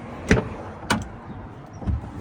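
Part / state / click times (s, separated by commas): toilet cassette into its campervan compartment / seated / 0.3 s, 0.9 s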